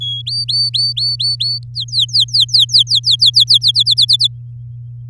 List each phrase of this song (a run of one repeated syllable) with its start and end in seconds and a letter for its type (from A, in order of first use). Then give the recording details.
0.00-0.22 A, 0.26-1.59 B, 1.74-3.71 C, 3.74-4.28 D. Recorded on 8 May 2018 at 10:43. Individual llb16